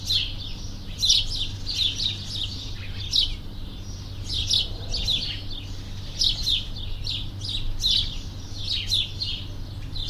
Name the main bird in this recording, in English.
House Sparrow